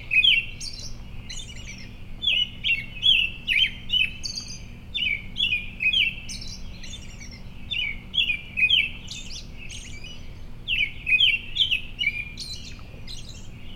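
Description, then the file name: American robin pouring out a long string of quick whistled caroling phrases with interspersed high squeaky notes over a soft background hum. Predawn, at home in Maryland, 20 May 2012. "American Robin predawn Home MD 20120520"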